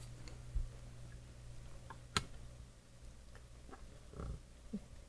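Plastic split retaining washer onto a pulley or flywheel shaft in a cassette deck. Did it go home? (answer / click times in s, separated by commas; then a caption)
no / none. A split plastic retaining washer is handled over a pulley or flywheel shaft in a GE 3-5353B or Tandy CCR-82 cassette deck: it is centred on the shaft and held on one side with a finger, then turned to open it up before being pushed down into the shaft's groove. Soft handling rustles and small ticks sit over a steady low hum, with one sharp tick at 2.2 s. Nothing has snapped or seated yet.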